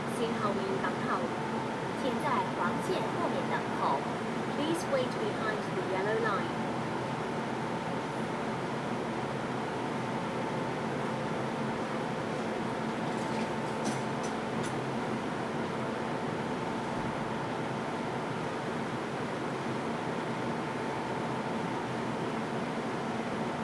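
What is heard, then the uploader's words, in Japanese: A station platform ambience: a steady mechanical hum with a low drone and a faint whine holds at an even level throughout. Scattered clicks and voice-like murmurs come in the first six seconds and again around 13 to 15 seconds. 香港MTR東桶線 欣澳駅のサウンドスケープ。欣澳（ヤンオウ）駅は荃湾区にあり、迪士尼線の分岐駅となっています。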